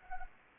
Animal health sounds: mosquito wingbeat signal from an infrared sensor; Anopheles arabiensis

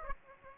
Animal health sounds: mosquito wingbeat signal from an infrared sensor; Aedes aegypti

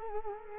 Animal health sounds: mosquito wingbeat signal from an infrared sensor; Culex quinquefasciatus

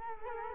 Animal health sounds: mosquito wingbeat signal from an infrared sensor; Culex quinquefasciatus

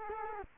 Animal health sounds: mosquito wingbeat signal from an infrared sensor; Culex quinquefasciatus

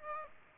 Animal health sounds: mosquito wingbeat signal from an infrared sensor; Aedes aegypti

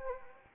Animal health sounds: mosquito wingbeat signal from an infrared sensor; Anopheles arabiensis

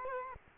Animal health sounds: mosquito wingbeat signal from an infrared sensor; Culex quinquefasciatus

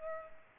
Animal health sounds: mosquito wingbeat signal from an infrared sensor; Culex pipiens

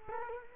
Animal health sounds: mosquito wingbeat signal from an infrared sensor; Culex quinquefasciatus

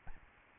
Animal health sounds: mosquito wingbeat signal from an infrared sensor; Aedes albopictus

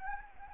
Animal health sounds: mosquito wingbeat signal from an infrared sensor; Anopheles gambiae

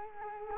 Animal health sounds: mosquito wingbeat signal from an infrared sensor; Culex quinquefasciatus

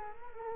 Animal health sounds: mosquito wingbeat signal from an infrared sensor; Culex quinquefasciatus

